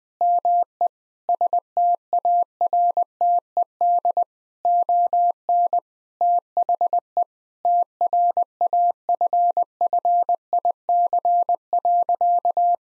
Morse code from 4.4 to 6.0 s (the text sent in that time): ON